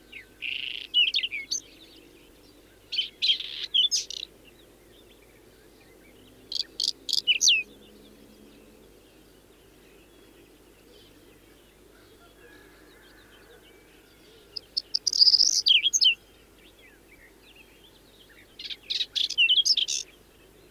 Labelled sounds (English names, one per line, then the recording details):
Whinchat song
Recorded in the wild
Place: Lütow, Insel Usedom, Mecklenburg-Vorpommern, DE
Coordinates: 54.032, 13.888
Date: 1975-06-15 04:20
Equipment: Nagra III BH, Sennheiser MD 21, parabola
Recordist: Schubert, Michael